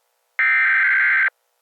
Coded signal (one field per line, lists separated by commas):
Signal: Emergency Alert System (SAME) tones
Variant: header bursts